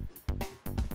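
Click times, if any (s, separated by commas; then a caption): none. An iPad is pushed into the back clip of a plastic IPEVO Perch S Type desktop stand, with music playing in the background. A few short handling knocks and rubbing bursts are heard. Nothing has seated or clicked yet.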